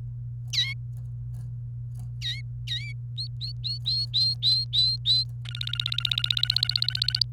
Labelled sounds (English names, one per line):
Domestic Canary song